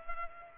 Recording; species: mosquito wingbeat signal from an infrared sensor; Culex pipiens